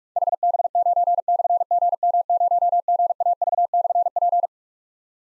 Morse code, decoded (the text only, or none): HB9/GM0GAV/P